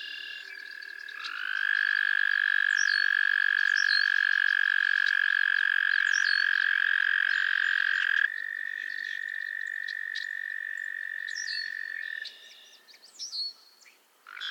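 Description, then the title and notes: Frog chorus: a sustained trill swells in and holds, overlapped by a second trill, with brief squeaky chirps scattered above. A chorus of frogs crooning to one another on a summer evening at Miners Marsh, Annapolis Valley, Nova Scotia. "Theraphonia - Frogsong at Miners Marsh. A chorus of frogs croon to one another on an idyllic summer evening in Miners Marsh, Annapolis Valley, Nova Scotia"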